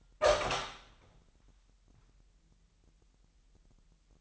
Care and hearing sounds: daily activity, microphone in the room; open door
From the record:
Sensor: 3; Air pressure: 998.4 hPa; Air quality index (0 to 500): 138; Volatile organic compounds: 4 ppm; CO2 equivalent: 1653 ppm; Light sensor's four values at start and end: 17/48/19/18 and 17/48/19/18

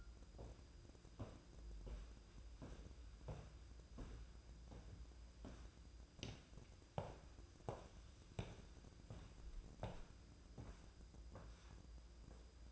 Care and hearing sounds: daily activity, microphone in the room; walk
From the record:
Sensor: 2

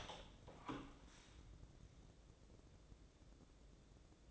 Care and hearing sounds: daily activity, microphone in the room; open door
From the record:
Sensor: 3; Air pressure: 1012.3 hPa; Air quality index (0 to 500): 180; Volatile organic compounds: 3 ppm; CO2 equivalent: 1376 ppm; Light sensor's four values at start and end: 648/1612/669/694 and 646/1608/667/692

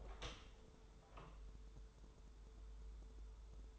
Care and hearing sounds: daily activity, microphone in the room; open door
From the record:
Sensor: 3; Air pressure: 1015.2 hPa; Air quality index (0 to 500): 164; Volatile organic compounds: 12 ppm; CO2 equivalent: 2336 ppm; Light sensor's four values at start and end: 16/40/16/17 and 16/40/16/17

